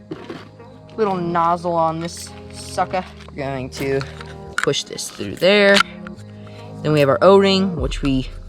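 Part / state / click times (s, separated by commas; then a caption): o-ring into pond pump nozzle bracket / not seated / none. While assembling a pond pump, someone talks over background music as a little nozzle is pushed through and a rubber o-ring is handled for fitting onto the nozzle and bracket, with a few brief knocks along the way. The o-ring has not popped into place yet, and nothing has seated or clicked by the end of the clip.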